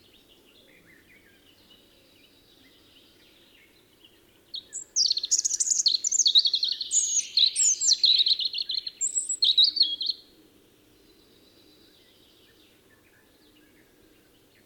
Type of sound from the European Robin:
song